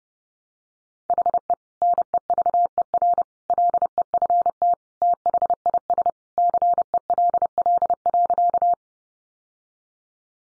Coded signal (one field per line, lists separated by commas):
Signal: Morse code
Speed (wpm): 28 wpm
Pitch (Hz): 700 Hz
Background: none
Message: HE NEVER LEFT THIS CELL.